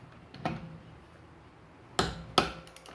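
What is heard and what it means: A click-type torque wrench tightens a lug nut on a car wheel, a Gen 3 Toyota Prius during a tire rotation, set to 75 ft-lb because the wrench only goes that high. After a softer knock at 0.5 s, the wrench gives a sharp metallic click at 2.0 s, then another at 2.4 s and a few faint ticks. The lug nut is confirmed torqued to setting.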